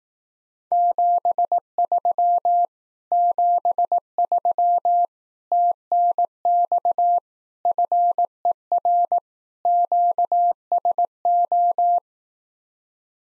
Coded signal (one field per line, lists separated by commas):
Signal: Morse code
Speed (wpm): 18 wpm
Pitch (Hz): 700 Hz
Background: none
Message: 73 73 TNX FER QSO